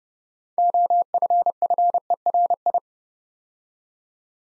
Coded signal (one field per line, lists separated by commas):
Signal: Morse code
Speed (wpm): 30 wpm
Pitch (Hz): 700 Hz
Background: none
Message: OFFERI